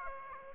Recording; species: mosquito wingbeat signal from an infrared sensor; Aedes aegypti